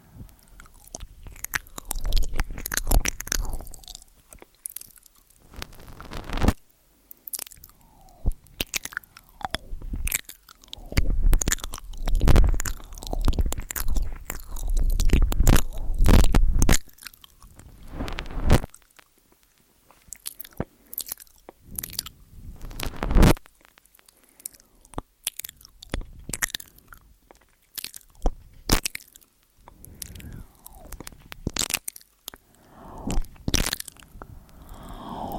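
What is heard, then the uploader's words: Ear eating sounds with wet, crunchy mouth noises and chewing, arriving in dense clusters of quick clicks and squishes. The busiest, loudest stretch runs from about 8 to 17 seconds, then the sounds thin into sparser bursts separated by short quiet gaps. Simple Ear Eating, Complex Tingels ~ ASMR TASCAM.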